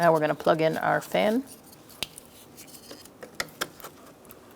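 Someone talks about plugging in the fan while handling the plastic electrical connector for the new radiator cooling fan of a 2014-2019 Kia Soul 1.6L L4, which is being slid onto the fan motor's mating plug. Brief sharp plastic ticks are heard at about 2.0, 3.4 and 3.6 seconds. Nothing has seated or clicked yet.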